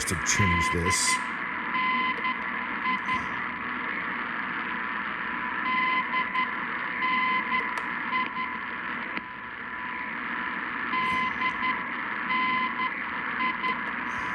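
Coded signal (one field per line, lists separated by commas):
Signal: Morse code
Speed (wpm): 11 wpm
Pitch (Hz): 1020 Hz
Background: speech, radio noise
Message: DNI DNI DNI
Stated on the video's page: Received on Elad Duo-R and Icom 9500 receivers in comparison.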